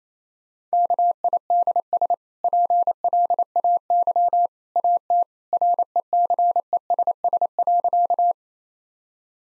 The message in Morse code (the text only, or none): KIDS PLAY AT RECESS.